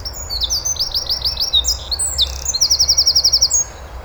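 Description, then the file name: Eurasian wren song: loud, very high, rapid runs of sharp notes and fast rattling trills, one long even trill near the end, over a low steady background rumble. "Troglodytes troglodytes"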